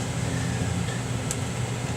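A rerouted internal cable on an HP 2000 laptop is plugged back into its motherboard socket and pressed down over a steady low hum. One sharp click at 1.3 s marks the connector seating.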